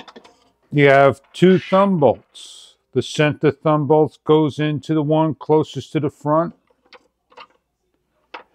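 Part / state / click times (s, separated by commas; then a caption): mounting bracket into bird feeder camera housing / seated / 8.4 s. Someone talks while a plastic mounting bracket is fitted with a thumb bolt onto the camera unit of a solar-powered 1080P HD wireless smart hummingbird bird feeder, with the center thumb bolt going into the hole closest to the front. A few faint small clicks follow the talking, then a sharp, loud click at 8.4 s. The bracket locks into place in the camera housing.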